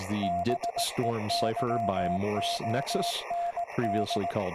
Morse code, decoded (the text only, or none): BEYOND